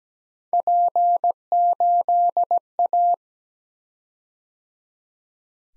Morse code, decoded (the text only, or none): P8A